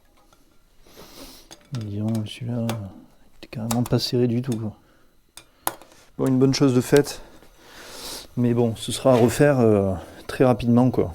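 A spoke torque wrench tightens a completely loose wheel spoke nipple on a new 2025 KTM 300 EXC enduro bike, and it gives a sharp click at 5.7 s, confirming the spoke is torqued and the job is done. Someone talks before and after the click.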